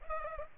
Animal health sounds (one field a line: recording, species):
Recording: mosquito wingbeat signal from an infrared sensor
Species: Culex pipiens